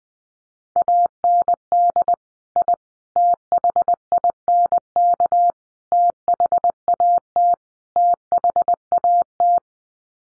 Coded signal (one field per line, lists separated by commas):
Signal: Morse code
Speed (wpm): 19 wpm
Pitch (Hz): 700 Hz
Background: none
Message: AND I THINK THAT THAT